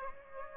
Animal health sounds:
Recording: mosquito wingbeat signal from an infrared sensor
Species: Aedes aegypti

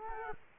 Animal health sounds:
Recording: mosquito wingbeat signal from an infrared sensor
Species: Culex quinquefasciatus

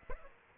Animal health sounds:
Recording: mosquito wingbeat signal from an infrared sensor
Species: Aedes aegypti

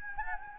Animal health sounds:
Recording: mosquito wingbeat signal from an infrared sensor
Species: Anopheles gambiae

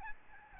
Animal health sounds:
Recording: mosquito wingbeat signal from an infrared sensor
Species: Aedes albopictus

